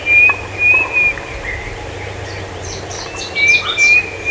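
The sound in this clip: Bird calling with clear, level whistled notes, a few near the start and a few more near the end, plus faint higher chirps in between over steady low background noise.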